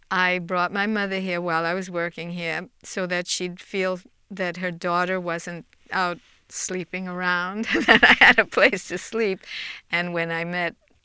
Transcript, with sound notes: I brought my mother here while I was working here so that she'd feel that her daughter wasn't out sleeping around and (she laughs) that I had a place to sleep. And when I met